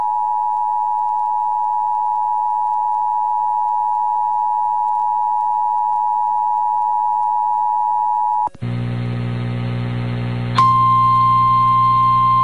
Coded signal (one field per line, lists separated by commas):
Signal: Emergency Alert System (SAME) tones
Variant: 853 and 960 Hz attention tone